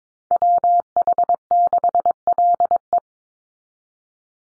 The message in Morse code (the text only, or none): WH6LE